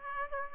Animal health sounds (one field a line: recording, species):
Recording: mosquito wingbeat signal from an infrared sensor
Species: Aedes aegypti